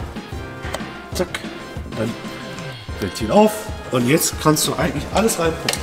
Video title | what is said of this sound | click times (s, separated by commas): Hat VW keine Gute Qualität mehr!? Nach 3 Jahren und 60.000km darf das nicht sein ! | Dann hört ihr so ein Klacken. Zack. | 0.8 s